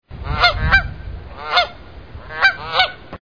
Sound recording of Canada geese, National Park Service.